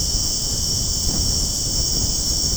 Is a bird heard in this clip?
no